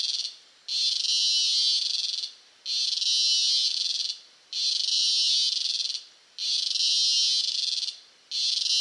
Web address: Big Room Sound Insect Ciccada CU Costa Rica